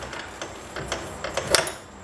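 With the spindle lock button held in on a Hitachi 12 miter saw, the blade is turned by hand, giving a series of soft ticks and rattles. A sharp click at 1.6 s is the lock pin dropping into the saw blade arbor, which locks it in place so the blade stops turning and won't move.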